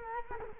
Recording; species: mosquito wingbeat signal from an infrared sensor; Culex quinquefasciatus